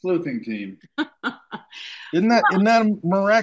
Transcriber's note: laughs